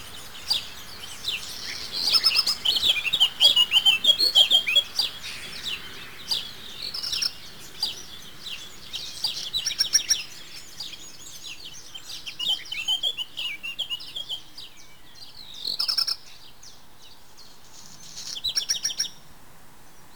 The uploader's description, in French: A base de field-recording, les espèces animales protégées du domaine de Rovorée s'y retrouvent représentées durant les différentes saisons.